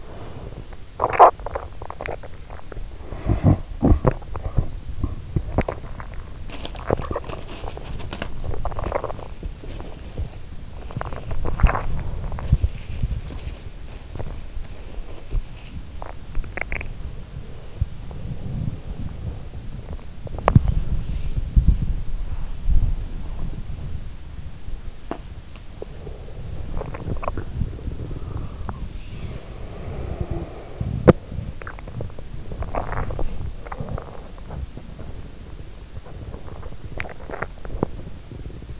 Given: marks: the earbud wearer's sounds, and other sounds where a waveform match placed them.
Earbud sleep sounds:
sounds in sleep by an in-ear microphone; breath, swallowing, talking in sleep, body movement, teeth grinding
0.06-0.74 s: breath
0.90-2.37 s: swallowing
2.56-4.78 s: talking in sleep
4.02-38.79 s: body movement
5.09-5.96 s: swallowing
6.45-8.32 s: teeth grinding
8.54-9.55 s: swallowing
15.66-16.42 s: swallowing
16.20-17.05 s: teeth grinding
26.59-27.73 s: teeth grinding
28.91-30.80 s: breath
32.39-34.31 s: swallowing
36.72-37.97 s: swallowing

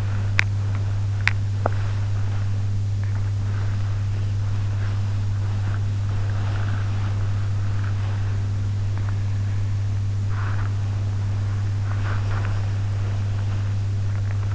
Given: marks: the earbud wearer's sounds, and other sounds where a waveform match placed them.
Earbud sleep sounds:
sounds in sleep by an in-ear microphone; body movement, teeth grinding
0.00-14.55 s: body movement
0.30-1.78 s: teeth grinding

